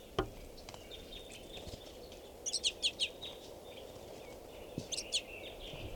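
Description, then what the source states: Crossbill calls: quick sharp, high chip notes in a cluster around two and a half seconds and again near five seconds, over steady background hiss. Flock of at least 40 birds in a tree; a young bird was calling.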